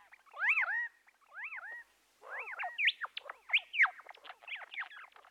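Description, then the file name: Bird calls: a pair of looping up-and-down whistles, a short pause, then rapid scratchy chirps and squeaks in quick succession. "Busy Birds"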